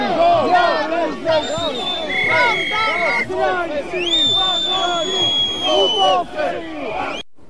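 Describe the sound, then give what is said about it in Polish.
An agitated crowd jostles and argues at General Wojciech Jaruzelski's funeral at Warsaw's Powązki cemetery in 2014, with scuffles breaking out and police calming the crowd; many raised voices overlap in a loud, continuous babble, with a few thin, steady high tones sounding briefly above the commotion. “W pewnym momencie doszło nawet do przepychanek. Parokrotnie policjanci musieli uspokajać tłum.”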